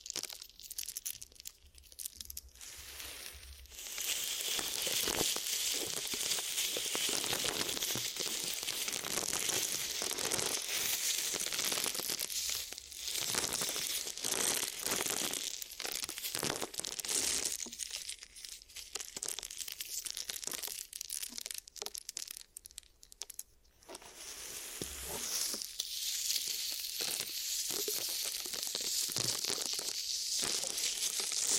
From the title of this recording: Glue Ear Massage and Cleaning